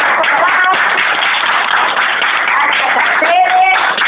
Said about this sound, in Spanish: Un fuerte aplauso entonces para la entrevistada.